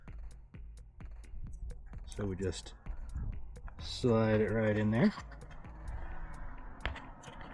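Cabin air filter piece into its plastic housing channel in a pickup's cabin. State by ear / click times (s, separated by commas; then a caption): seated / 6.9 s. A Rivian pickup's cabin air filter piece is slid into its plastic side channel in the cabin and pushed until it pops in, with light tapping and handling noises while someone talks. One sharp click at 6.9 s marks the piece snapping into its housing, seated and locked into place.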